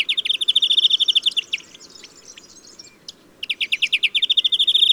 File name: Chloris chloris